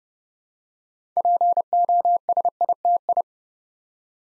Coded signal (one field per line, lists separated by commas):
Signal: Morse code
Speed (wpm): 30 wpm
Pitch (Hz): 700 Hz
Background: none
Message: POSITI